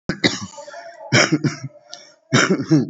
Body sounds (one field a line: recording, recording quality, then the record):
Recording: shallow voluntary cough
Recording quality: excellent, no background noise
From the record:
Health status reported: COVID-19 positive, mild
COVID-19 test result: positive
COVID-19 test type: RT-PCR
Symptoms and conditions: cough, sore throat, muscle pain, hypertension, another condition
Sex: male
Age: 65 years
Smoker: no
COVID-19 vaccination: one dose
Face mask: worn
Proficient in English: no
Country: India